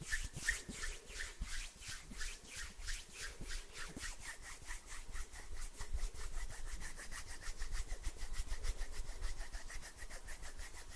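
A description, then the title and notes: Dry rubbing of hands and fingers, a fast regular swish repeating about four to five times a second throughout. Each stroke is bright and hissy with a soft low thud beneath, and the rhythm stays steady, growing slightly denser toward the end. ASMR HAND SOUNDS NO TALKING, ASMR FINGER FLUTTERING, ASMR NO TALKING, ASMR HAND MOVEMENTS.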